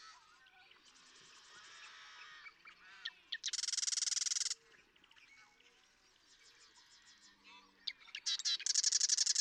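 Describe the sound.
Marsh Wren song: a harsh, rapid buzzing trill about a second long, repeated near the end, with quieter chattering between.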